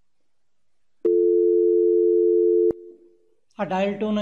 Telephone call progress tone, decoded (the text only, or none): dial tone